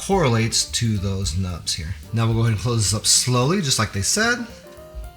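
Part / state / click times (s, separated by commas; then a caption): reusable pod holder lid closing on a drip coffee maker / not seated / none. Someone talks while a reusable stainless Yeosen K-Cup sits in the pod holder of a Ninja drip coffee maker, lined up with the nubs, and the holder lid is starting to be closed slowly. Nothing has seated or clicked yet.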